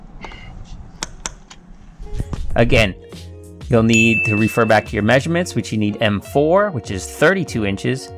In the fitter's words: until you hear it click